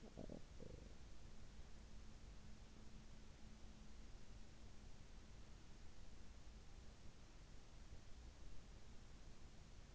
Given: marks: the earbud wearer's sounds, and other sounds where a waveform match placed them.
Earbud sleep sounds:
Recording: sounds in sleep by an in-ear microphone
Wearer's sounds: breath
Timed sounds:
0.00-0.97 s: breath

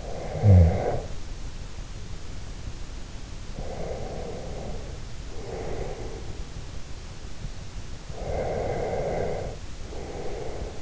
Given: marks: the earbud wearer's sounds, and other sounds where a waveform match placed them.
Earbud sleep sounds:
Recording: sounds in sleep by an in-ear microphone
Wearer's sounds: snoring breath, breath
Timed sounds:
0.00-1.39 s: snoring breath
3.48-6.34 s: breath
8.08-10.82 s: breath

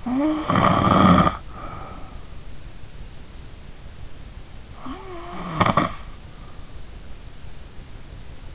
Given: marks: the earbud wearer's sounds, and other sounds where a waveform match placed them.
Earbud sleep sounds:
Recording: sounds in sleep by an in-ear microphone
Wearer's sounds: snoring breath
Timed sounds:
0.00-2.38 s: snoring breath
4.74-6.73 s: snoring breath

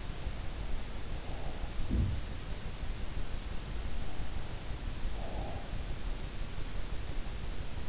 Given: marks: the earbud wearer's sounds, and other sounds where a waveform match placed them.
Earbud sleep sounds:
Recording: sounds in sleep by an in-ear microphone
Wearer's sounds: breath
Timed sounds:
1.29-3.21 s: sound from someone else or the room
4.88-6.35 s: breath

